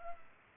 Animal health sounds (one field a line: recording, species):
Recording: mosquito wingbeat signal from an infrared sensor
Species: Culex pipiens